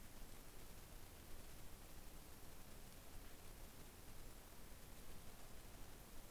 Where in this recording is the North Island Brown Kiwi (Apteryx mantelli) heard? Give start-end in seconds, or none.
none